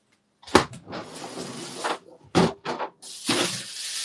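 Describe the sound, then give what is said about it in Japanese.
A refrigerator door thuds open and shut a few times while frozen cabbage is moved from the freezer to the refrigerator, with sharp knocks and rattles separated by a broad hiss of rustling and shuffling, and no one speaking. “冷蔵庫に移しとこう。”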